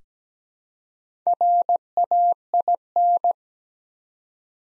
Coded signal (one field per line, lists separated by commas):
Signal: Morse code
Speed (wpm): 17 wpm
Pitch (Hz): 700 Hz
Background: none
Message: RAIN